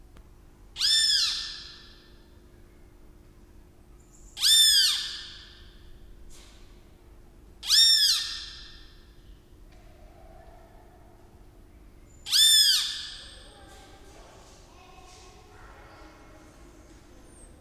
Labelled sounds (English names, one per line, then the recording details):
Pale-legged Hornero call
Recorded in captivity
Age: adult
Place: Zoo Berlin, Berlin, DE
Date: 1997-08-28
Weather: sunny, 22-28°C
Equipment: Sony MD-WM MZ-R3, Sennheiser ME 80, K 30 AV, Kopie Uher 4000 Report Monitor
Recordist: Tembrock, Günter